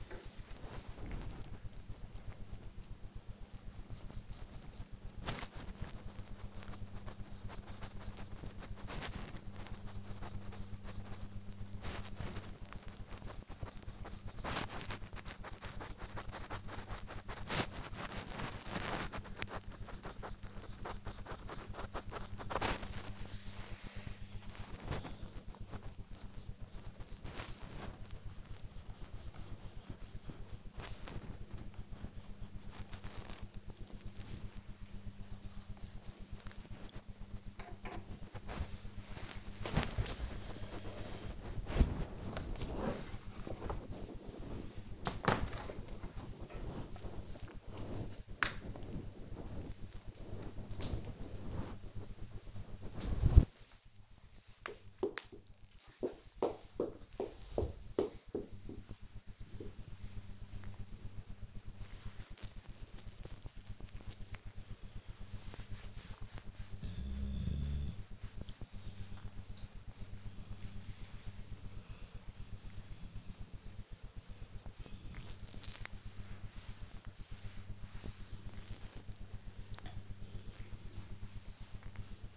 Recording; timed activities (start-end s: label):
household activities, microphone on the right wrist
0.00-1.85 s: drawing
10.87-38.09 s: drawing
55.15-82.37 s: petting the dog